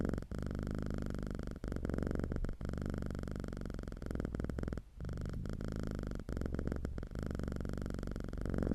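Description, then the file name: Domestic cat purr, continuous deep vibrating rumble rising and easing with each breath, with several brief pauses between breathing cycles. "Calm - Purring Cat"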